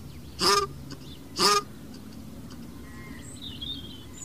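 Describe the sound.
Cape shelduck honking twice, about a second apart, harsh and nasal, with faint whistles from other birds over a constant low rumble.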